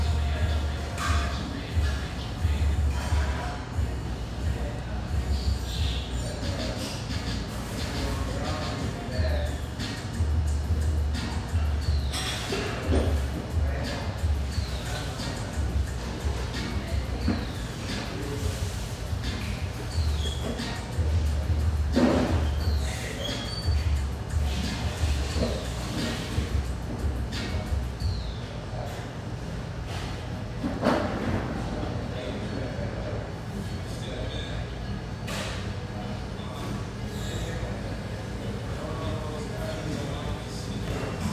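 Café chatter with overlapping voices over a steady low hum, scattered clinks and clatters throughout, and a brief lull near thirty seconds.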